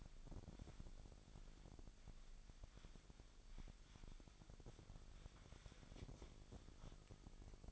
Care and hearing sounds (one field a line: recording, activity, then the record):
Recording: daily activity, microphone in the room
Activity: wipe stove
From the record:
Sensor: 5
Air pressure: 1001.2 hPa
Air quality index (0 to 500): 248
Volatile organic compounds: 35 ppm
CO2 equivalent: 3055 ppm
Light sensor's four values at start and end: 32/73/29/28 and 32/73/30/29